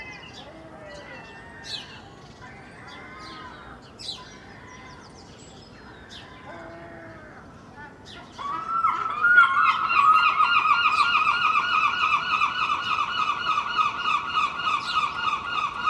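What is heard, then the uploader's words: Seagulls give scattered calls and squawks, then from about eight seconds a loud, steady, rapid cackling takes over, over a faint low rumble. Early morning recording I made in Filey last April (2023) from a second storey window using Clippy microphones and a Roland R-07. There are many other birds and the faint rumble of the sea in this recording too!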